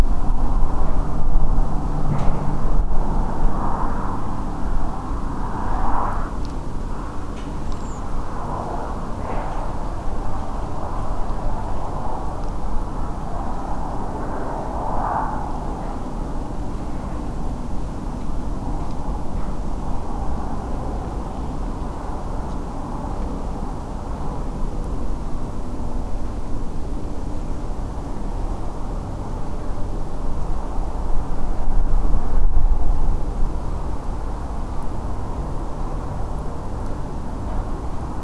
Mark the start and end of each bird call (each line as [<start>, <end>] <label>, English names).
[7.66, 8.01] Redwing